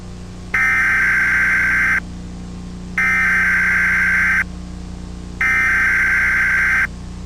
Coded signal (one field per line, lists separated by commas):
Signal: Emergency Alert System (SAME) tones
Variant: header bursts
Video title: SCP-2935 EAS